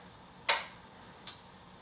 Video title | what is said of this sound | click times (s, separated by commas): Installation Part 3: Grinder Calibration - Egro NEXT Touch Coffee | you'll hear that click. That releases the latch. | 0.5 s